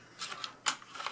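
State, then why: Not seated. A plastic blade is pulled into place in a 3D printed hidden blade housing, meant to be locked by its plastic side latches. Short scraping rattles are followed by a sharp tap at 0.4 s, the loudest clack at 0.7 s and lighter ticks around 1.0–1.1 s. Nothing has seated or clicked yet: the latches fail to lock and the blade is not in place.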